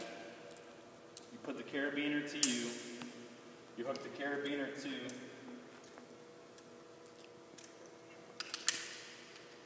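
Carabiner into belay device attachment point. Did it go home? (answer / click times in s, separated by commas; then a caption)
yes / 8.7 s. Someone talks while a metal carabiner is clipped onto the attachment point of a climbing-wall auto-belay or locking device, with a few faint ticks and rattles in between. The carabiner gate snaps shut with a sharp metallic click at 8.7 s, and the carabiner is seated on the belay device.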